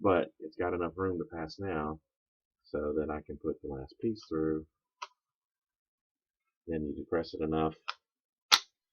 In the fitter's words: so that you push the pin through. And you hear it snap.